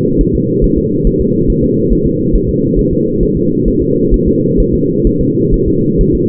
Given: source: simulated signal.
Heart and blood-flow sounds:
fetal heart sounds
0.21 s: S1
0.35 s: S2
0.64 s: S1
0.78 s: S2
1.07 s: S1
1.21 s: S2
1.50 s: S1
1.64 s: S2
1.93 s: S1
2.06 s: S2
2.35 s: S1
2.49 s: S2
2.79 s: S1
2.93 s: S2
3.23 s: S1
3.37 s: S2
3.68 s: S1
3.82 s: S2
4.14 s: S1
4.28 s: S2
4.60 s: S1
4.74 s: S2
5.07 s: S1
5.21 s: S2
5.54 s: S1
5.68 s: S2
6.01 s: S1
6.15 s: S2
From the record:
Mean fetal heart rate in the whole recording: 135 bpm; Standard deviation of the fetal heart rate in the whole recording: 3 bpm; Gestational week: 36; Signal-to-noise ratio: -11.2 dB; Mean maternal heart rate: 72 bpm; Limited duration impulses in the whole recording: present

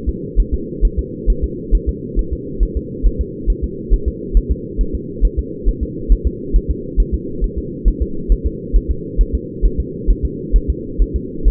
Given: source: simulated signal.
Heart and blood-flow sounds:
fetal heart sounds
0.09 s: S2
0.40 s: S1
0.54 s: S2
0.85 s: S1
0.99 s: S2
1.30 s: S1
1.44 s: S2
1.75 s: S1
1.89 s: S2
2.19 s: S1
2.33 s: S2
2.63 s: S1
2.77 s: S2
3.06 s: S1
3.21 s: S2
3.50 s: S1
3.64 s: S2
3.94 s: S1
4.08 s: S2
4.37 s: S1
4.52 s: S2
4.81 s: S1
4.95 s: S2
5.25 s: S1
5.39 s: S2
5.69 s: S1
5.83 s: S2
6.12 s: S1
6.27 s: S2
6.56 s: S1
6.70 s: S2
7.00 s: S1
7.14 s: S2
7.44 s: S1
7.58 s: S2
7.88 s: S1
8.02 s: S2
8.32 s: S1
8.47 s: S2
8.76 s: S1
8.91 s: S2
9.21 s: S1
9.35 s: S2
9.66 s: S1
9.80 s: S2
10.10 s: S1
10.25 s: S2
10.56 s: S1
10.70 s: S2
11.02 s: S1
11.16 s: S2
11.48 s: S1
From the record:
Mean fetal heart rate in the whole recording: 135 bpm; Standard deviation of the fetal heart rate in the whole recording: 3 bpm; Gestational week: 36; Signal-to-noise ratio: -4.3 dB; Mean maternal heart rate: 72 bpm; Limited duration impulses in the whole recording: absent

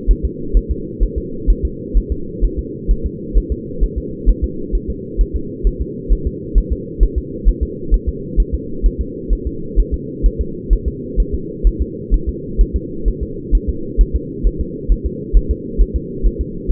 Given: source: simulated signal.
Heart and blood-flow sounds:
fetal heart sounds
0.11 s: S1
0.25 s: S2
0.57 s: S1
0.71 s: S2
1.03 s: S1
1.18 s: S2
1.50 s: S1
1.65 s: S2
1.98 s: S1
2.12 s: S2
2.45 s: S1
2.59 s: S2
2.91 s: S1
3.06 s: S2
3.38 s: S1
3.52 s: S2
3.84 s: S1
3.98 s: S2
4.29 s: S1
4.44 s: S2
4.75 s: S1
4.90 s: S2
5.21 s: S1
5.36 s: S2
5.67 s: S1
5.81 s: S2
6.13 s: S1
6.27 s: S2
6.58 s: S1
6.73 s: S2
7.03 s: S1
7.18 s: S2
7.48 s: S1
7.63 s: S2
7.94 s: S1
8.09 s: S2
8.40 s: S1
8.54 s: S2
8.86 s: S1
9.01 s: S2
9.33 s: S1
9.47 s: S2
9.80 s: S1
9.94 s: S2
10.26 s: S1
10.41 s: S2
10.73 s: S1
10.88 s: S2
11.20 s: S1
11.34 s: S2
11.67 s: S1
11.81 s: S2
12.14 s: S1
12.29 s: S2
12.61 s: S1
12.76 s: S2
13.08 s: S1
13.23 s: S2
13.55 s: S1
13.69 s: S2
14.01 s: S1
14.16 s: S2
14.47 s: S1
14.61 s: S2
14.92 s: S1
15.06 s: S2
15.37 s: S1
15.51 s: S2
15.81 s: S1
15.96 s: S2
16.26 s: S1
16.41 s: S2
16.72 s: S1
From the record:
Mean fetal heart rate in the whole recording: 130 bpm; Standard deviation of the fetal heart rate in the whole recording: 2 bpm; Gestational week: 36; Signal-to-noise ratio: -4.3 dB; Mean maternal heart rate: 72 bpm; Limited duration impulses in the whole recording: absent

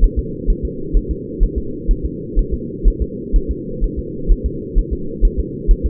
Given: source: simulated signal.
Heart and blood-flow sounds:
fetal heart sounds
0.04 s: S1
0.19 s: S2
0.50 s: S1
0.65 s: S2
0.97 s: S1
1.11 s: S2
1.43 s: S1
1.58 s: S2
1.91 s: S1
2.06 s: S2
2.39 s: S1
2.54 s: S2
2.88 s: S1
3.02 s: S2
3.36 s: S1
3.51 s: S2
3.84 s: S1
3.99 s: S2
4.32 s: S1
4.46 s: S2
4.79 s: S1
4.93 s: S2
5.25 s: S1
5.40 s: S2
5.71 s: S1
5.86 s: S2
From the record:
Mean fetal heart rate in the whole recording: 130 bpm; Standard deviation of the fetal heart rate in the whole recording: 4 bpm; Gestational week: 38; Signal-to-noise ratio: -4.3 dB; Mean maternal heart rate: 72 bpm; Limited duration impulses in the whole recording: present

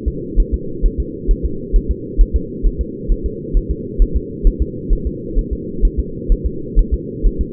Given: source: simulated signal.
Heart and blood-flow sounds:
fetal heart sounds
0.08 s: S2
0.40 s: S1
0.54 s: S2
0.85 s: S1
1.00 s: S2
1.31 s: S1
1.45 s: S2
1.76 s: S1
1.91 s: S2
2.21 s: S1
2.36 s: S2
2.66 s: S1
2.81 s: S2
3.12 s: S1
3.26 s: S2
3.57 s: S1
3.71 s: S2
4.02 s: S1
4.16 s: S2
4.47 s: S1
4.62 s: S2
4.93 s: S1
5.07 s: S2
5.38 s: S1
5.53 s: S2
5.85 s: S1
5.99 s: S2
6.32 s: S1
6.46 s: S2
6.79 s: S1
6.94 s: S2
7.26 s: S1
7.41 s: S2
From the record:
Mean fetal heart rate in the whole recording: 130 bpm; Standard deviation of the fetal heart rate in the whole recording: 2 bpm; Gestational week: 38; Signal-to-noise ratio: -4.3 dB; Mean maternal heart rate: 72 bpm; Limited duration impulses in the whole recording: absent

